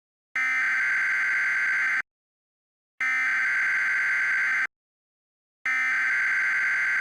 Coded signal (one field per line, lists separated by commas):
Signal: Emergency Alert System (SAME) tones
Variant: header bursts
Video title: EAS Scenario: The Pumpkin Patch Plague